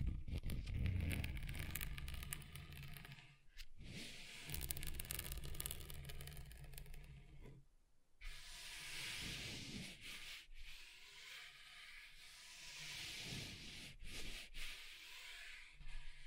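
Scratching on a table, moving across different surfaces: a rough, grainy rubbing with a low rumble in the first seconds, then brighter, hissier scraping from about 8 seconds on. Short pauses near 3.5, 8, 10 and 14 seconds break up the otherwise continuous strokes.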